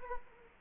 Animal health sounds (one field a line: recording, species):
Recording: mosquito wingbeat signal from an infrared sensor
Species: Culex quinquefasciatus